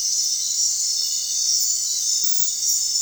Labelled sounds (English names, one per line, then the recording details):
none
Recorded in secondary vegetation near Puerto Asís, Putumayo, Colombia, on 29 June 2025 at 19:30
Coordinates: 0.499, -76.323
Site G077